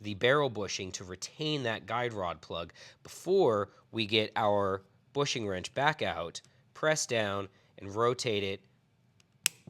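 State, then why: Seated. During reassembly of a Taurus 1911 pistol, someone talks while the guide rod plug is pressed down and the steel barrel bushing on the slide is rotated with a bushing wrench to retain the plug. A sharp click at 9.5 s marks the barrel bushing seating into place.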